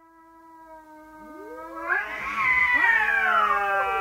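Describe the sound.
Cat caterwaul, a drawn-out harmonic wail that starts quietly, then swells into a loud wavering yowl bending up and down.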